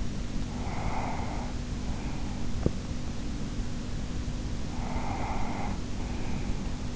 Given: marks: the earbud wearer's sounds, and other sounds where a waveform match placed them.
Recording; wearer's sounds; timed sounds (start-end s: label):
sounds in sleep by an in-ear microphone; breath
0.21-2.70 s: breath
4.67-6.96 s: breath